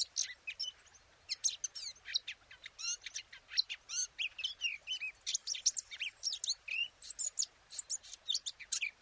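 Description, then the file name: Eurasian blackcap delivering a lively, varied warble of quick slurred whistles and chirps, steady and unbroken throughout. "Sylvia atricapilla"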